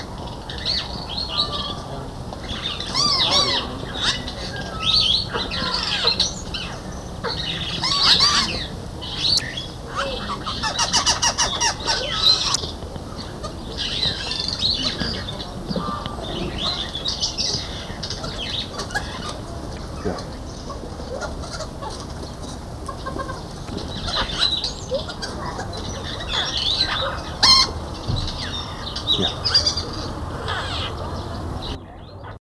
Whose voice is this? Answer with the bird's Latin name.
Eurocephalus anguitimens